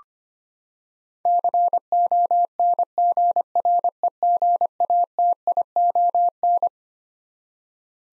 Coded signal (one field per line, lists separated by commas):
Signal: Morse code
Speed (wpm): 25 wpm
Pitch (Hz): 700 Hz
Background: none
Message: CONGREGATION